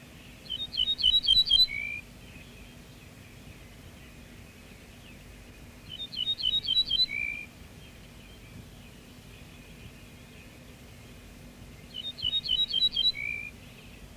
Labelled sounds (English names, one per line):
Ortolan Bunting song